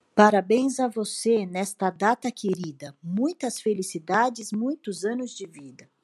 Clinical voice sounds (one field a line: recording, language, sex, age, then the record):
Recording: short text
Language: Brazilian Portuguese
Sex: female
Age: 40 to 49 years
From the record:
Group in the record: control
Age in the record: 43 years